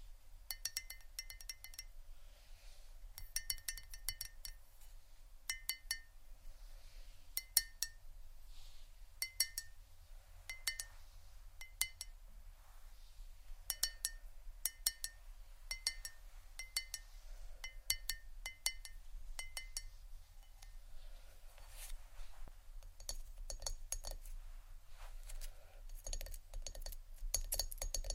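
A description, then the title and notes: Light tapping on hard objects, bright clicks and clinks in irregular clusters throughout, growing denser near the end, over a low steady hum. ASMR Sleepy Tapping (book, Wood, Ceramic, Egg, Etc ) (No Talking).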